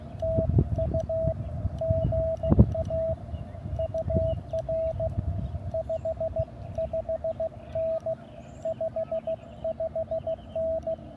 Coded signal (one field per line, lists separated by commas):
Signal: Morse code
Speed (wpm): 15 wpm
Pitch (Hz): 650 Hz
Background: none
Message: TU GA UR 55N 55N